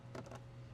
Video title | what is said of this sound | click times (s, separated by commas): 2026 Sienna Console Cooler/Vacuum Tutorial: Is it a value option? | You're going to put it back on there. And it's going to click back, guys. | 0.2 s, 0.3 s